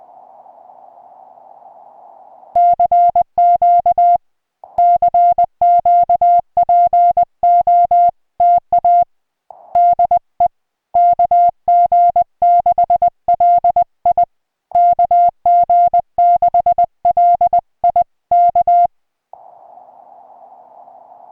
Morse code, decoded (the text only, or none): CQ CQ POTA DE KG6LI KG6LI K